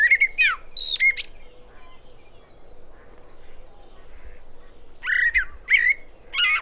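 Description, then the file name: Common blackbird song: a fluty warbled phrase with high thin squeaks at the start, a quiet pause, then another rising and falling fluty phrase. "Turdus merula"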